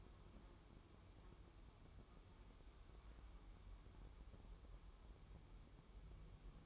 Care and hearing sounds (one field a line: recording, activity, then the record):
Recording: daily activity, microphone in the room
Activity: wipe stove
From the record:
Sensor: 1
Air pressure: 1015.1 hPa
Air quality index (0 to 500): 77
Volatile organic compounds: 2 ppm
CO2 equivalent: 1010 ppm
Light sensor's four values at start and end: 14/32/13/15 and 14/32/13/15